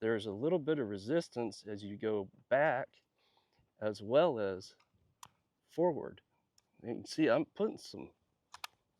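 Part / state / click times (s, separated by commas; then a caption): rifle bolt locking into the receiver via the pump action / seated / 8.6 s. Someone talks while working the pump slide of a Browning BPR-22 .22 rifle back and then forward against slight resistance. The metal bolt cams out and locks into battery in the receiver with a sharp click at 8.6 s.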